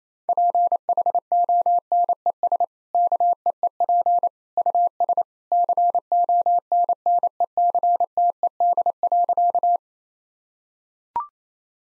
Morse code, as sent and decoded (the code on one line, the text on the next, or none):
.--. .... --- -. . ... / -.- . . .--. / ..- ... / -.-. --- -. -. . -.-. - . -.. .-.-.-
PHONES KEEP US CONNECTED.